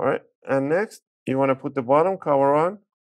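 A plastic laptop bottom cover for an HP EliteBook 840 G3 is being handled before being put back on, with its clips meant to snap into the chassis. Only someone talking is heard. Nothing has seated or clicked yet.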